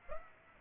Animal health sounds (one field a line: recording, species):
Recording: mosquito wingbeat signal from an infrared sensor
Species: Aedes aegypti